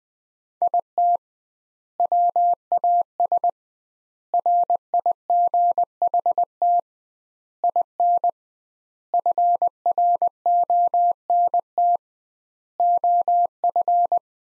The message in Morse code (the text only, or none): IT WAS RIGHT IN FRONT OF